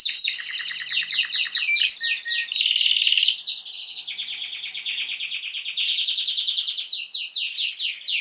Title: Esquente Seu Filhote E Canario Belga Em 30 Minutos Macho Cantando Muito. Canrio Belga RAIDEN Cantando Muito - Esquente seu Canrio Belga